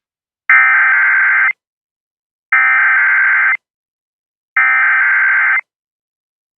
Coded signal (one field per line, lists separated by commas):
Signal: Emergency Alert System (SAME) tones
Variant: header bursts